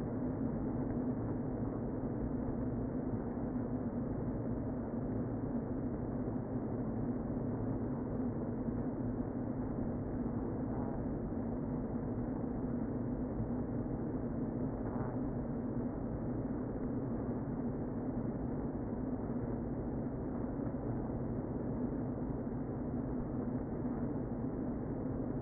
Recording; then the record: honeybee colony, microphone inside the hive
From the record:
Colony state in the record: queen present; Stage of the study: before two queens were removed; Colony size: about 60,000 bees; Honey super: yes